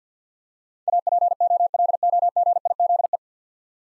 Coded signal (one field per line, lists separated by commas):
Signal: Morse code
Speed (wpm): 49 wpm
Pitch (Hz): 700 Hz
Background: none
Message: APOLOGIZE